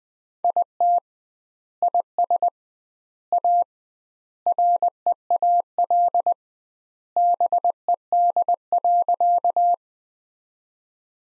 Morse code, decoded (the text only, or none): IT IS A REAL BED.